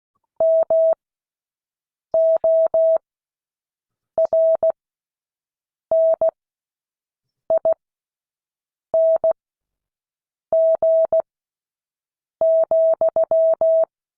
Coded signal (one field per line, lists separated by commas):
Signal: Morse code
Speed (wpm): 16 wpm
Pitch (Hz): 650 Hz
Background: none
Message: MORNING,